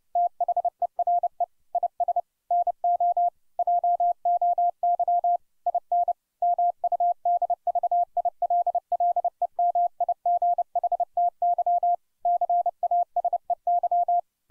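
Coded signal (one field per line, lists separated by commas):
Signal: Morse code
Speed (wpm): 30 wpm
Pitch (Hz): 700 Hz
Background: none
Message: THERE IS NO JOY IN MUDVILLE MIGHTY CASEY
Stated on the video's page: Morse code copying practice at 30 wpm, sending a well-known poem.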